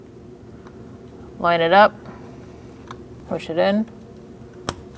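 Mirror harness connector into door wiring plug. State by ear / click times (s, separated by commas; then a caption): seated / 4.7 s. Someone talks while the power mirror's wiring harness connector for a 2004–2012 Chevrolet Colorado is lined up and pushed into its mating plug inside the door. A sharp click at 4.7 s shows the connector has seated.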